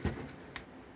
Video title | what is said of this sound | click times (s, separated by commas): Maxwell's Reviews: Transformers Velocitron Speedia 500 Collection Victory Universe Galaxy Shuttle | then close these up till you hear them click into place | 0.6 s